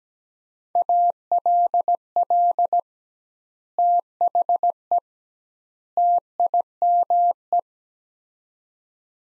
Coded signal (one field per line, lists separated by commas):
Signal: Morse code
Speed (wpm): 17 wpm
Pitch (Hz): 700 Hz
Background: none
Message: ALL THE TIME